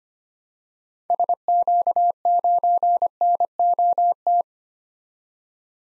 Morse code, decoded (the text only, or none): SQ9NOT